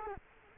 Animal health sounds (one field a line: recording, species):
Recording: mosquito wingbeat signal from an infrared sensor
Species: Culex quinquefasciatus